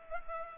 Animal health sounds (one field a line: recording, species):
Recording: mosquito wingbeat signal from an infrared sensor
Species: Culex pipiens